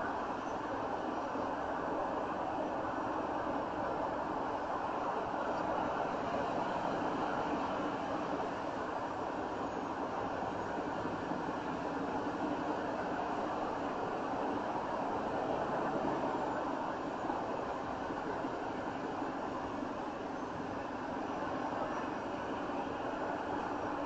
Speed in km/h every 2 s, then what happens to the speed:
64, 64, 64, 63, 63, 64, 64, 66, 64, 66, 66, 63.
0-24 steady at about 64.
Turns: none.